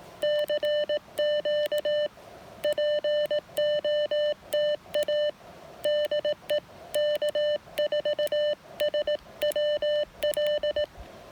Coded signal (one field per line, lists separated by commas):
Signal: Morse code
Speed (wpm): 18 wpm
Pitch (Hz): 590 Hz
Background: none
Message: CQ POTA DE K4SWL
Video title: POTA Activation with the Elecraft KX1, KX2, and an antenna that was too short